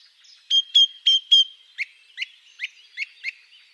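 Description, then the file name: Song thrush song: four sharp, ringing notes repeated in quick succession, followed by five lower, clipped notes. "Grive musicienne"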